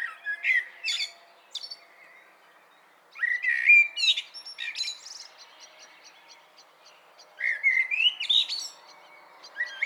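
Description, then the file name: Common blackbird song: clear slurred whistles, each phrase tailing into a high thin chatter, three phrases with pauses and a fourth just starting at the end. "Turdus merula"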